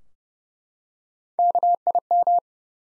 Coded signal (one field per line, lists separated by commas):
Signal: Morse code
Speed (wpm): 30 wpm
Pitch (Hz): 700 Hz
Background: none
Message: KIM